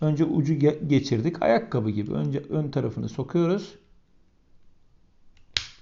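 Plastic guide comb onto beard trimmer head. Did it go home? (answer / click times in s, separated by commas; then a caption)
yes / 5.6 s. Someone talks, then a plastic guide comb, its front tip already hooked in, is pressed down onto the rear latch of a Powertec electric beard trimmer. It clicks into place at 5.6 s with a sharp, bright snap, and the comb is seated.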